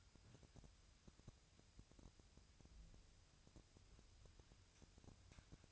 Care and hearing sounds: daily activity, microphone in the room; wipe stove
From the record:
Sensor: 2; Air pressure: 1001.5 hPa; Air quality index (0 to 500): 224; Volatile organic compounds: 24 ppm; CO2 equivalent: 2821 ppm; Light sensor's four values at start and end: 7/26/10/9 and 7/26/10/9

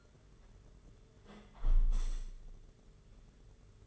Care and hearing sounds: daily activity, microphone in the room; close window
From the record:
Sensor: 4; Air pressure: 992.1 hPa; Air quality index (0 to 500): 98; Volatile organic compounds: 11 ppm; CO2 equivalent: 2314 ppm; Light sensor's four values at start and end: 22/78/28/30 and 22/77/28/30

